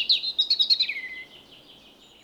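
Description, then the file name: European robin song: a quick run of high, tinkling trilled notes that slides downward and trails off into a soft, thin warble. "Erithacus rubecula"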